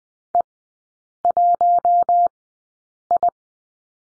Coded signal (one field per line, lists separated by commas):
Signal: Morse code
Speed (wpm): 19 wpm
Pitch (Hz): 700 Hz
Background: none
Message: E1I